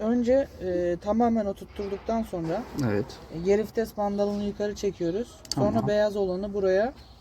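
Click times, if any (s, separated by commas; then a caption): none. Someone talks throughout while handling the white plastic retaining clip of a new manual gear shift knob on the shift lever of an Opel Corsa D during a gear knob replacement. The clip is being positioned to be pressed onto the lever, but nothing has seated or clicked yet.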